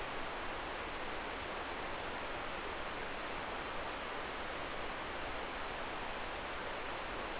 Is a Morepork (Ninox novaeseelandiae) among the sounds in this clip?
no